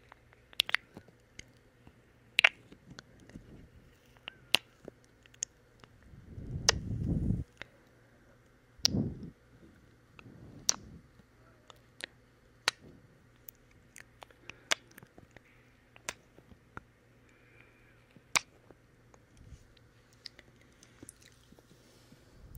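Wet mouth and kissing sounds: short, sharp smacks and clicks pop out irregularly, about one every second or two, across the whole 23 seconds. Around 6 to 7 seconds and again near 9 seconds come longer, lower squishy bursts. A faint steady hum sits underneath.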